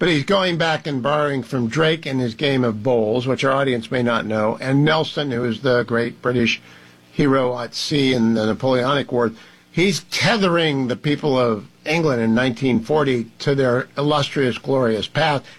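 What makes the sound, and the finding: Adult male radio host speaking. Typical speech.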